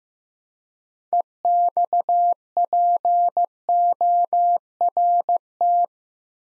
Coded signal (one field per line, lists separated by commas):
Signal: Morse code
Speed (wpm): 15 wpm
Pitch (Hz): 700 Hz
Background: none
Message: EXPORT